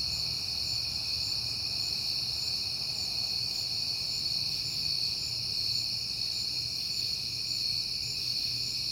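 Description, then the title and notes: Crickets in a dense, steady chorus of high trills at several layered pitches, with a faint low rumble underneath. Recorded at night in September on a peaceful night; crickets heard often that month. "Night Time: Crickets and Passing Cars. It is September and I have been hearing the crickets a lot, but finally had a peaceful night to make the recording"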